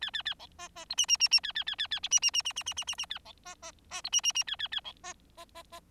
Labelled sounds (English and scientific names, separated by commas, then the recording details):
Bengalese Finch (Lonchura striata domestica) song
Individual Bird4